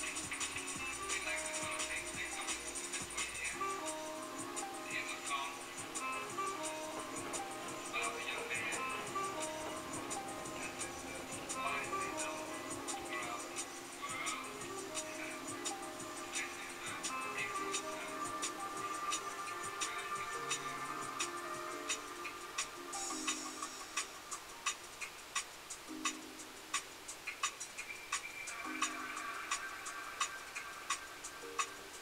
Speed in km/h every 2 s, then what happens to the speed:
0, 0, 0, 0, 0, 0, 0, 0, 0, 0, 0, 0, 0, 0, 0, 0.
0-32 standing.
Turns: none.